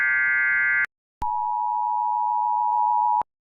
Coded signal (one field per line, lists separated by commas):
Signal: Emergency Alert System (SAME) tones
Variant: 853 and 960 Hz attention tone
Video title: US States Rating| EAS alarms (A-Z) #5